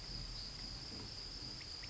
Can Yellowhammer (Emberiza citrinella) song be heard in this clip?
no